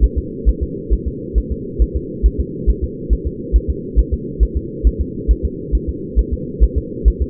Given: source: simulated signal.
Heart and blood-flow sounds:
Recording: fetal heart sounds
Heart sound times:
0.04 s: S1
0.18 s: S2
0.49 s: S1
0.63 s: S2
0.93 s: S1
1.08 s: S2
1.38 s: S1
1.52 s: S2
1.82 s: S1
1.96 s: S2
2.26 s: S1
2.40 s: S2
2.69 s: S1
2.84 s: S2
3.13 s: S1
3.27 s: S2
3.56 s: S1
3.70 s: S2
3.99 s: S1
4.13 s: S2
4.43 s: S1
4.57 s: S2
4.87 s: S1
5.01 s: S2
5.31 s: S1
5.45 s: S2
5.75 s: S1
5.89 s: S2
6.19 s: S1
6.33 s: S2
6.63 s: S1
6.78 s: S2
7.08 s: S1
7.22 s: S2
From the record:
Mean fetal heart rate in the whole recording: 135 bpm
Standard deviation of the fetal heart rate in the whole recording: 3 bpm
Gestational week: 34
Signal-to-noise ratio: -4.1 dB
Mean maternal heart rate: no maternal heart sound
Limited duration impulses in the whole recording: absent

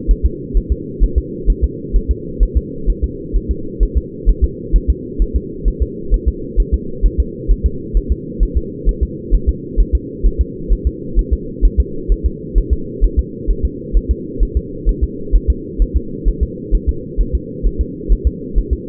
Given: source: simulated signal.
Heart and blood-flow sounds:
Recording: fetal heart sounds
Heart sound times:
0.11 s: S1
0.26 s: S2
0.57 s: S1
0.72 s: S2
1.04 s: S1
1.18 s: S2
1.50 s: S1
1.64 s: S2
1.96 s: S1
2.11 s: S2
2.43 s: S1
2.57 s: S2
2.90 s: S1
3.04 s: S2
3.36 s: S1
3.51 s: S2
3.83 s: S1
3.97 s: S2
4.30 s: S1
4.44 s: S2
4.76 s: S1
4.90 s: S2
5.22 s: S1
5.36 s: S2
5.68 s: S1
5.82 s: S2
6.14 s: S1
6.28 s: S2
6.60 s: S1
6.74 s: S2
7.06 s: S1
7.20 s: S2
7.51 s: S1
7.66 s: S2
7.97 s: S1
8.12 s: S2
8.43 s: S1
8.57 s: S2
8.89 s: S1
9.03 s: S2
9.35 s: S1
9.49 s: S2
9.81 s: S1
9.95 s: S2
10.26 s: S1
10.41 s: S2
10.73 s: S1
10.87 s: S2
11.19 s: S1
11.33 s: S2
11.65 s: S1
11.80 s: S2
12.12 s: S1
12.26 s: S2
12.58 s: S1
12.73 s: S2
13.05 s: S1
13.19 s: S2
13.51 s: S1
13.65 s: S2
13.97 s: S1
14.11 s: S2
14.43 s: S1
14.57 s: S2
14.89 s: S1
15.03 s: S2
15.36 s: S1
15.50 s: S2
15.82 s: S1
15.97 s: S2
16.28 s: S1
16.43 s: S2
16.75 s: S1
16.89 s: S2
17.21 s: S1
17.35 s: S2
17.67 s: S1
17.81 s: S2
18.12 s: S1
18.27 s: S2
18.58 s: S1
18.73 s: S2
From the record:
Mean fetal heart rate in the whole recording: 130 bpm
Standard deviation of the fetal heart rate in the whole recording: 2 bpm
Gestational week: 36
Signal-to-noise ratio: -4.3 dB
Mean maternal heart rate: 72 bpm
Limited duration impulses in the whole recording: absent

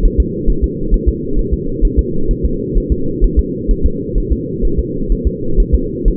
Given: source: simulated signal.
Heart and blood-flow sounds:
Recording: fetal heart sounds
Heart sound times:
0.05 s: S1
0.20 s: S2
0.50 s: S1
0.64 s: S2
0.94 s: S1
1.09 s: S2
1.39 s: S1
1.54 s: S2
1.85 s: S1
1.99 s: S2
2.31 s: S1
2.45 s: S2
2.78 s: S1
2.92 s: S2
3.24 s: S1
3.39 s: S2
3.71 s: S1
3.86 s: S2
4.18 s: S1
4.32 s: S2
4.65 s: S1
4.79 s: S2
5.12 s: S1
5.27 s: S2
5.60 s: S1
5.75 s: S2
6.08 s: S1
From the record:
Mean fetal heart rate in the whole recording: 130 bpm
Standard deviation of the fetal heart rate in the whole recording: 4 bpm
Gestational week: 38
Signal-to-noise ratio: -8.1 dB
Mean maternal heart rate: 72 bpm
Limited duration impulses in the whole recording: present

